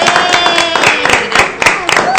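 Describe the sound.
An audience applauds steadily for a couple of seconds, a dense crackle of many hands clapping with voices and cheers mixed in.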